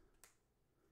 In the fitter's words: you can hear it snap